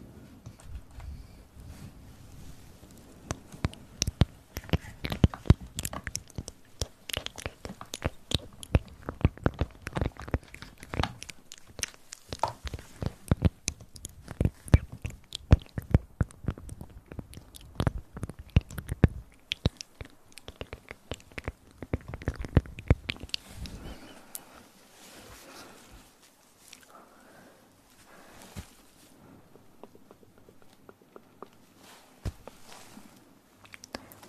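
Mouth sounds: dense wet clicks, smacks and pops crowd together through the first twenty-odd seconds, sharp and bright. After about 24 seconds they thin out to scattered soft clicks over quiet hush, with a brief faint voice-like murmur.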